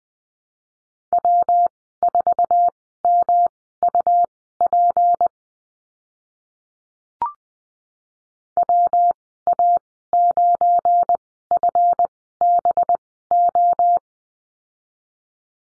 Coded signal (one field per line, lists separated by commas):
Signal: Morse code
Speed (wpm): 20 wpm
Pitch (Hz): 700 Hz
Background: none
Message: W4MUP WA9FBO